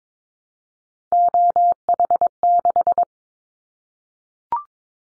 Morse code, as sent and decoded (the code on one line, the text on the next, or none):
--- .... -....
OH6